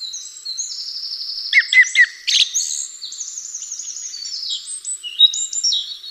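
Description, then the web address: Bird song as a continuous high twitter of sweeping whistled notes and quick chirps, with a few louder, lower accented notes around two seconds. "atelierson sons birds"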